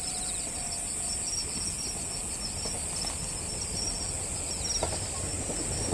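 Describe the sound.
Shrill, unbroken cricket trilling with a pulsing chirp layer below it and a few soft ticks.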